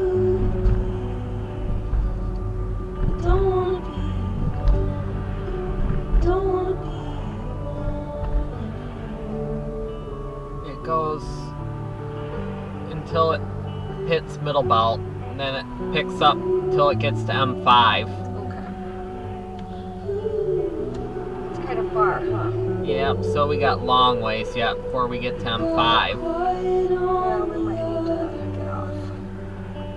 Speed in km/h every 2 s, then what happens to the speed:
34, 31, 26, 18, 13, 10, 10, 0, 0, 0, 0, 0, 0, 0, 0.
0-14 slows to 0. 14-30 standing.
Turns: none.